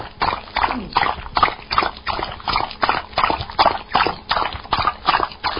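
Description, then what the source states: Dog drinking with regular wet lapping sounds, about three laps per second, evenly spaced and continuous. Drinking water.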